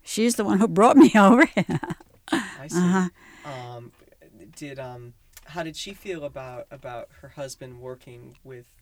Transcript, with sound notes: She's the one who brought me over. (She laughs)
I see. Did, how did she feel about her husband working with